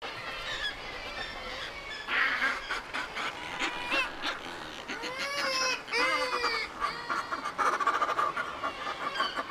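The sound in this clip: Northern fulmar calls, nasal cackling notes from several birds, with clearer arched, wavering calls around the middle, over constant background hiss.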